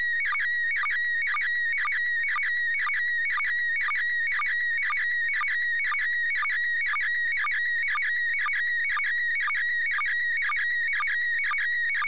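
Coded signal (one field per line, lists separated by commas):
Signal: SSTV (slow-scan television)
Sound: steady warbling whistle near 2 kHz, with short low chirps about twice a second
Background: radio static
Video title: IK8XLD - ISS SSTV 28.10.18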